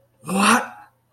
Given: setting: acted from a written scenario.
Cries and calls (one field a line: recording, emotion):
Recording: vocal sound without words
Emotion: negative surprise